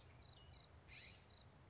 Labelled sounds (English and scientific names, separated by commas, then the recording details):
California Scrub-Jay (Aphelocoma californica)
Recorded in Sonoma County, California